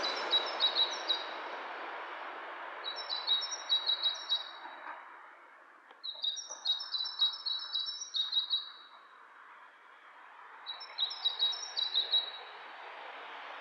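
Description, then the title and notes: Bird calls in four bursts of quick, high, chattering notes, a few seconds apart, over a background hiss. Two birds interacting; lo-fi recording. "bird dialogs. lo-fi recording of two birds interacting"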